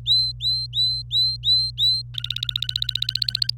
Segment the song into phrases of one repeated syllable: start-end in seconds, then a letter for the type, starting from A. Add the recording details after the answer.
0.05-2.02 A, 2.14-3.52 B. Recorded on 26 April 2018 at 06:41. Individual llb3